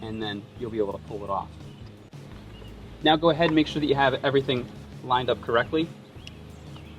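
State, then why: Seated. Someone talks while lining up a plastic engine wiring harness connector, with a locking tab and lever, on a 2013 BMW F30 335i N55 during a JB4 installation. The connector is pressed onto its engine sensor plug and gives a sharp click at 6.3 s. It is seated in place and checked as solid.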